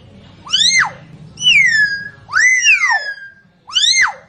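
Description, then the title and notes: Common hill myna song: four loud, rich whistles, most rising then falling steeply, delivered about once a second over a faint low hum. "Kicau Burung Beo"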